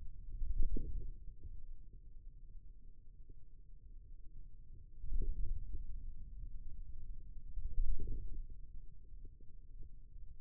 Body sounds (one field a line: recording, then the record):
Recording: forearm muscle sounds (acoustic myography)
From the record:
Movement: wrist flexion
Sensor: system 2, bracelet of six BSWA MPA416 microphones around the upper forearm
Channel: 3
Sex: male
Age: 22 years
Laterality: right